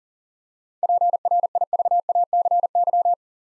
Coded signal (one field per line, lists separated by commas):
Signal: Morse code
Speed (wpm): 40 wpm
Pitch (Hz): 700 Hz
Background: none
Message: PRIVACY